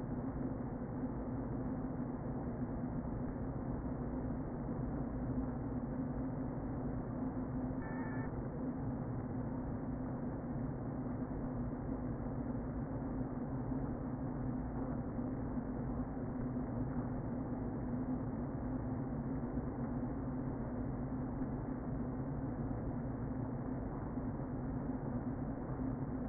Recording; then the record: honeybee colony, microphone inside the hive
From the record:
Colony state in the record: queen present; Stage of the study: before two queens were removed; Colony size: about 60,000 bees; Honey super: yes